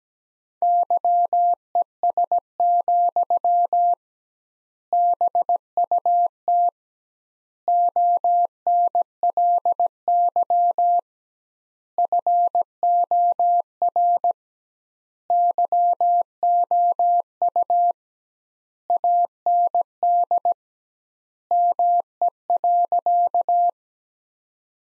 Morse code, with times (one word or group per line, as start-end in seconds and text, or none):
0.6-3.9 YES,
4.9-6.7 BUT
7.7-11.0 ONLY
12.0-14.3 FOR
15.3-17.9 YOU
18.9-20.5 AND
21.5-23.7 ME.